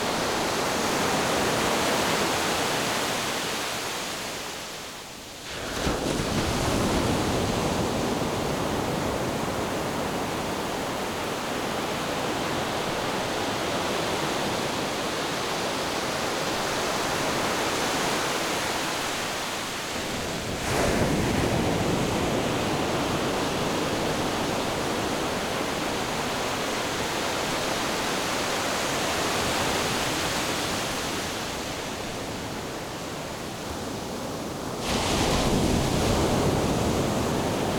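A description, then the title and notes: Ocean waves wash onto the shore in a dense, steady roar of rushing water that fills the whole range from low rumble to bright hiss. The surge dips briefly near 5 seconds and again around 20 and 35 seconds, then swells back as new waves arrive. Ocean Waves Coming Onto the Shore.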